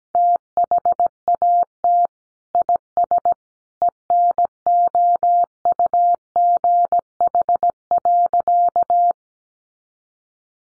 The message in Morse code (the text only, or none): THAT IS ENOUGH.